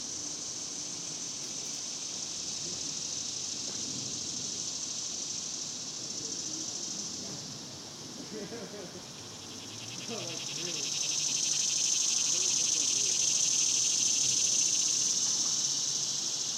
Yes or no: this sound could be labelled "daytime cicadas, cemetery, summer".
yes